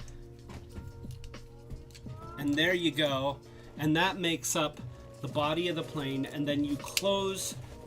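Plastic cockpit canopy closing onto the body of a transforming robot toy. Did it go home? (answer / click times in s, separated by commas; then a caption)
no / none. A transforming robot toy is being folded into its plane mode, with its plastic cockpit canopy about to close over the folded body. Light plastic ticks and handling sounds come early on, then someone talks over background music. Nothing has seated or clicked yet.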